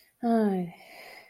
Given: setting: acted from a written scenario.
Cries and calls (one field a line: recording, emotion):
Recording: vocal sound without words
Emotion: embarrassment